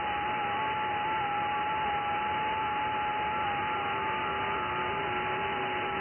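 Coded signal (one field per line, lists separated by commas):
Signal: FT8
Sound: steady warbling tone near 850 Hz with faint other tones over hiss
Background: radio static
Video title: Decent Conditions Across Both Ponds On 20m FT8...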